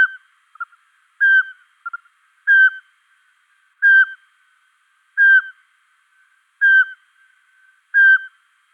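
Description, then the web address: Eurasian pygmy owl song: a steady series of short, mellow, whistled hoots on one pitch, repeated about every 1.3 seconds, with a few softer notes between them in an otherwise quiet background. Recorded in Luxembourg. "Sperlingskauz. rapaces-nocturnes-au-luxembourg chevechette-d-europe"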